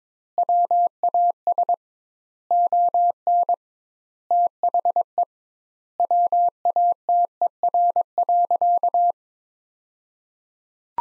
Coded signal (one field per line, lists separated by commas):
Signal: Morse code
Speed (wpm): 22 wpm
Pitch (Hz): 700 Hz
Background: none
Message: WAS ON THE WATER.